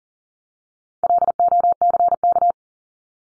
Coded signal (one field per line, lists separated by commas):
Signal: Morse code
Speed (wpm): 40 wpm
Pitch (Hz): 700 Hz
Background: none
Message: LOCK